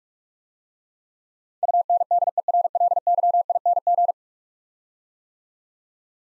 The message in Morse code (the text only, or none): UNDERLYING